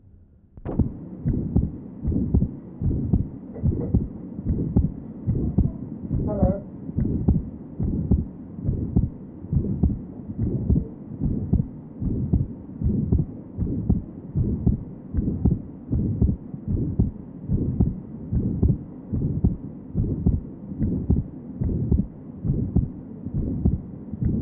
Patient is an atrial septal defect. Recording taken at pulmonary area. Note the wide fixed splitting of the second heart sound and the ejection systolic murmur in this area.